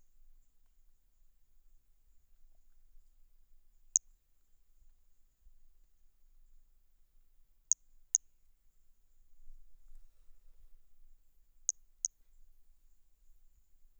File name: MHNCI Brachy hermogenesi ind 03 Boraceia 30 marco 2019 MRB